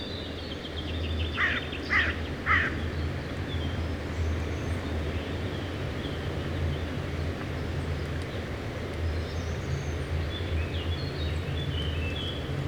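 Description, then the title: Carrion crow giving three quick rasping caws early on, followed by a long stretch of low rumbling background. Carrion crows on the banks of the Rhône at Les Avenières Veyrins-Thuellin, France; recorded with a stereo parabolic microphone (EM172) and a Zoom H4n pro. "Bord de Rhône - Les Avenières Veyrins-Thuellin, France - Corbacs are back. no ! Corneilles have nails !!!"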